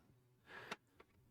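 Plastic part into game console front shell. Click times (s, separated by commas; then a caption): 0.7 s, 1.0 s. During reassembly of a SNES game console, a plastic part is pushed back onto the console's front shell. A short scraping rustle builds up from about 0.5 s, then sharp plastic clicks sound at 0.7 s and 1.0 s. The part clips in well and fits snugly in place.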